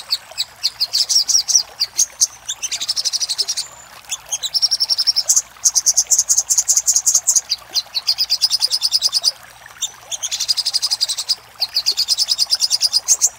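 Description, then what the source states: Little spiderhunter pouring out long, very rapid series of high, sharp notes, almost a continuous chatter, interrupted by short gaps. Master recording used for training cage birds.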